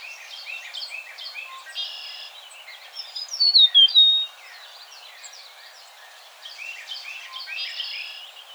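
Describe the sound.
Eastern meadowlark giving a loud, sliding whistled phrase that drops in pitch, amid busy chattering and chirps.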